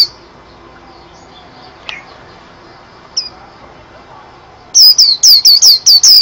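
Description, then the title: White-eye song: mostly quiet with a few faint chirps, then a rapid burst of loud, high, downslurred whistled notes in the final second and a half. "Pleci. burung"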